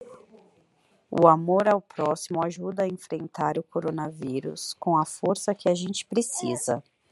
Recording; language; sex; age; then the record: spoken sentence; Brazilian Portuguese; female; 30 to 39 years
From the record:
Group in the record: control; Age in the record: 39 years